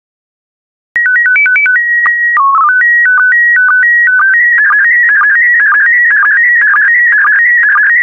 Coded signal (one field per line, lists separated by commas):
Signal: SSTV (slow-scan television)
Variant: PD 120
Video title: 146092 Monaco SSTV PD120